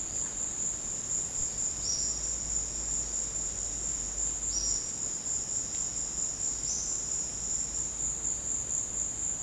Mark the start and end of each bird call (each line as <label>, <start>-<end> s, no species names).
bird call, 1.76-2.27 s
bird call, 4.51-4.89 s
bird call, 6.56-7.13 s